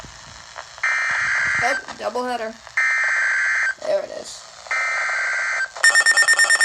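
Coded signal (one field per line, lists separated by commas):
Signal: Emergency Alert System (SAME) tones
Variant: header bursts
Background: speech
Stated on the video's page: Two back-to-back Severe Thunderstorm Warning alerts for Pennsylvania and Maryland.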